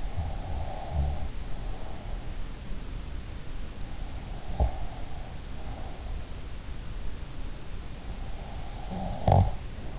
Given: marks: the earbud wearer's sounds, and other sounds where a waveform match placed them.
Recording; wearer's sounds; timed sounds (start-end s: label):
sounds in sleep by an in-ear microphone; breath, snoring breath
0.00-2.13 s: breath
4.39-5.99 s: breath
8.98-9.69 s: snoring breath